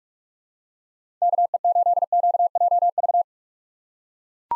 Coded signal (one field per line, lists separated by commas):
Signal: Morse code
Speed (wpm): 41 wpm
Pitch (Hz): 700 Hz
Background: none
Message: KE8QJV